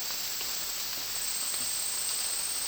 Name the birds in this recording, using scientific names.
none